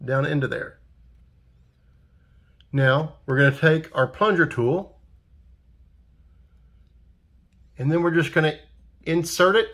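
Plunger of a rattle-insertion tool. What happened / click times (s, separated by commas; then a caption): No seating click; only talk and quiet handling of a small tool / none. The plunger of a rattle-insertion tool is picked up and lined up before being pushed in, while someone talks in short bursts separated by quiet pauses. A brief sharp sound occurs at about 2.6 s, and nothing has seated or clicked yet.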